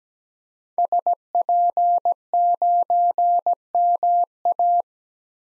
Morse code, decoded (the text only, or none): SP9MA